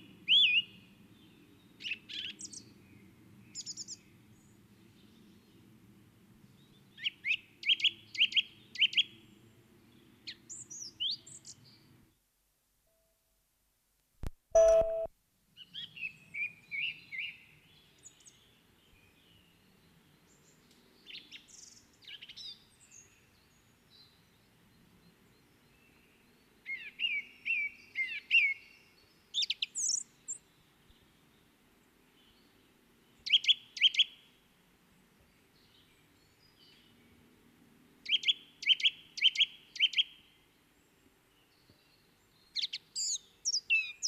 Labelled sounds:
Song Thrush song

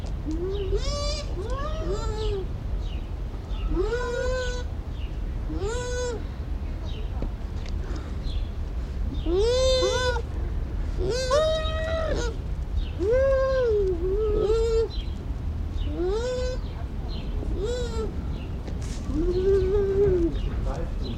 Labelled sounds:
Bush Dog

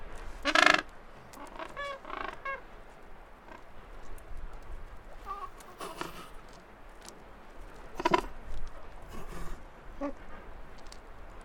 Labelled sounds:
Gentoo Penguin call

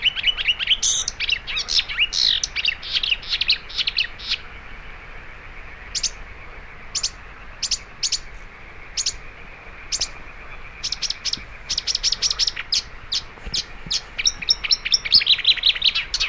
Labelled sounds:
Marsh Warbler song

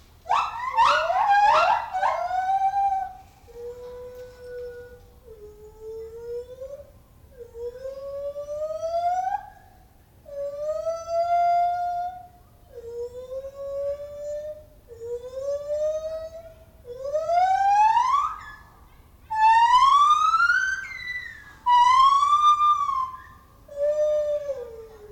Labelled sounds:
Lar Gibbon call

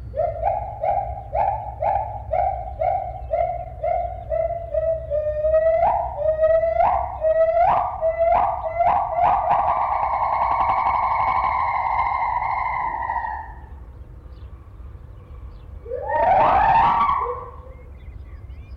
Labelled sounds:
Agile Gibbon

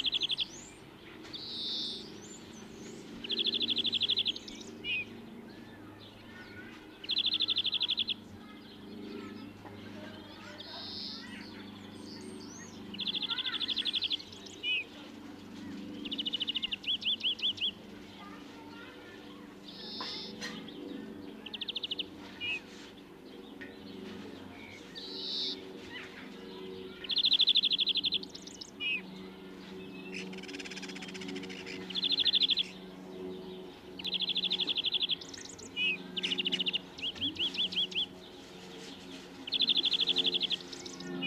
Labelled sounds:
European Greenfinch song

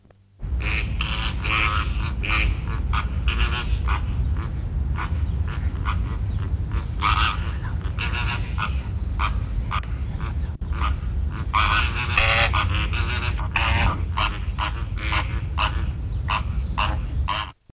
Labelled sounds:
American Flamingo call

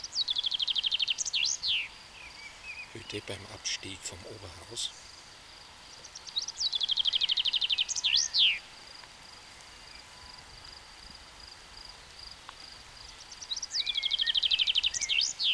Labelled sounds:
Common Chaffinch song

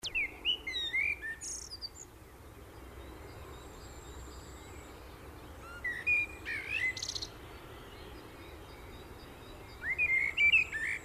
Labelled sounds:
Common Blackbird song

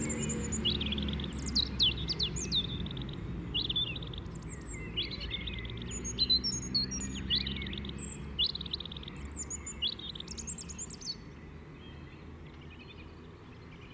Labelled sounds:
European Robin song

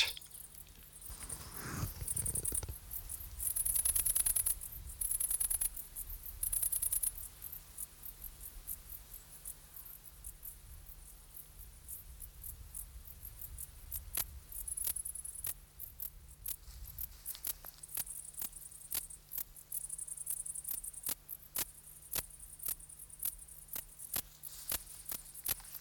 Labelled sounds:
Dark Bush-cricket stridulation

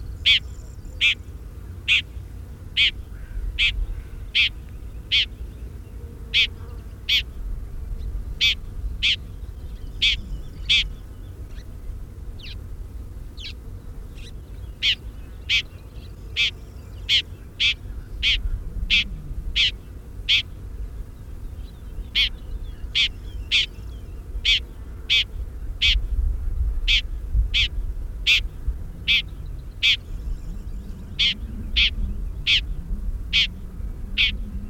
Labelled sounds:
Red-backed Shrike song

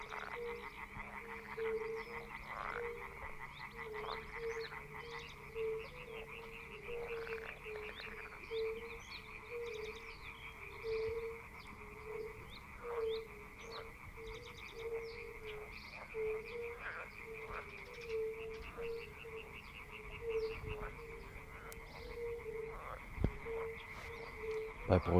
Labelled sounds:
Fire-Bellied Toad call

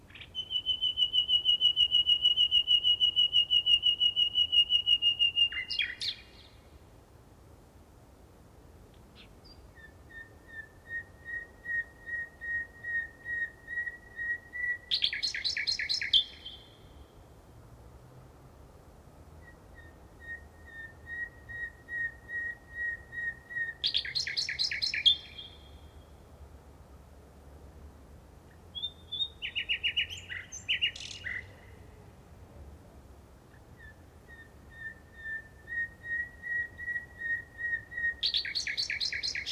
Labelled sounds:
Common Nightingale song

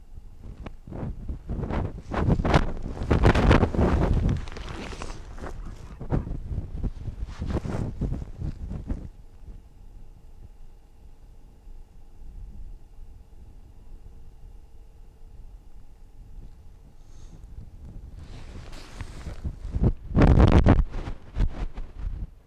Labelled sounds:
Arctic Fox

